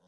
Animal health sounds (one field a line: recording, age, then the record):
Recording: pig call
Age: piglet (1 to 25 days)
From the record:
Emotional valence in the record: positive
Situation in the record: short reunion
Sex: male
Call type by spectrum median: low-frequency call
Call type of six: low-frequency stable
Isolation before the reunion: 3 minutes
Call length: 0.08 s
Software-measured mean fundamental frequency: 35 Hz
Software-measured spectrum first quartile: 304 Hz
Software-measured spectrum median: 643 Hz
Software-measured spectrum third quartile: 2544 Hz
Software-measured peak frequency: 167 Hz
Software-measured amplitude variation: 38 dB a second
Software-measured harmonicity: 2.9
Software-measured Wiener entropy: -2.41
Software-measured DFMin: 1118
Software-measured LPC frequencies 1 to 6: 560, 3235, 3635, 4733, 5316, 6128 Hz